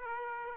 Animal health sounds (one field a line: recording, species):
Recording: mosquito wingbeat signal from an infrared sensor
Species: Aedes aegypti